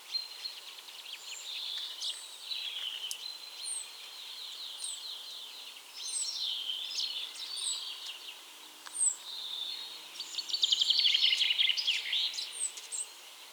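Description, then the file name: European robin song, thin high warbling phrases with sharp whistled notes and trills, varied and broken by short pauses, a louder tinkling burst near the end over soft background hiss. "Erithacus rubecula"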